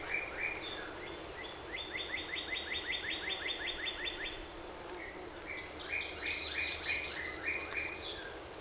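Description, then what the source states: Prairie warbler song near the end, buzzy notes rising step by step in pitch, after another bird's quick repeated chip series and trills. Recorded 14 April 2018.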